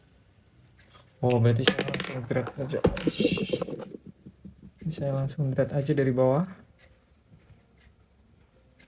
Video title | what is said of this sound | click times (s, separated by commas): Coba Coba : Masukin RBA B80, KB2, Pulse Aio Kit V2 ke Boro Tank Universal dan Sebaliknya | ya jadi enggak ngunci Ya nanti Ya ini harusnya sebenarnya buat | none